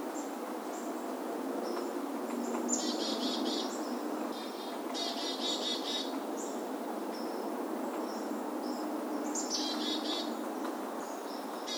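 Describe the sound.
Birds chirping and twittering in bursts of fast, high, buzzy notes, with several calls overlapping above a steady background rumble.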